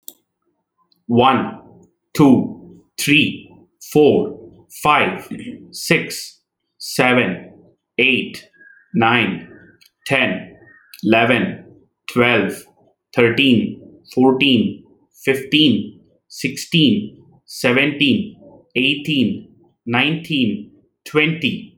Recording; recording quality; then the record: counting at a normal pace; excellent, no background noise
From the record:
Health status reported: healthy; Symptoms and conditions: none ticked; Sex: male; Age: 35 years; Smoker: not ticked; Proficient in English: yes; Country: India